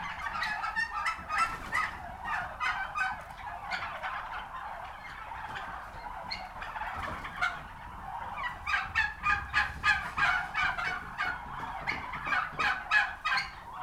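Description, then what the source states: Turkeys gobbling in rattling bursts, with a run of fast repeated pulses near the end, many birds calling together. Recorded at a turkey farm.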